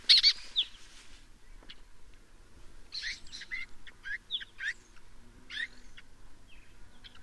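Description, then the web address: Lesser kestrel uttering a rapid series of scratchy, harsh chattering notes in irregular clusters, with some thinner higher calls mixed in. "sound Lesser-kestrel. صدای-پرنده-دلیجه-کوچک"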